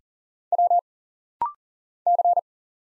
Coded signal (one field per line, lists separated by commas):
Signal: Morse code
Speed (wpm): 40 wpm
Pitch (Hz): 700 Hz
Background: none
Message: W C